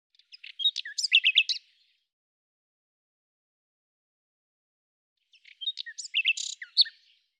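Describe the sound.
Bird song in two short phrases of quick chirps, slurred whistles and trilled notes, separated by a pause of a few seconds.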